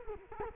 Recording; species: mosquito wingbeat signal from an infrared sensor; Culex quinquefasciatus